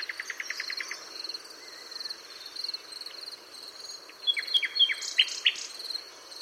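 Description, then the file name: Common nightingale song opening with a fast run of repeated notes, then a quieter gap and loud sharp whistles, set against a constant high insect buzz. "Luscinia megarhynchos"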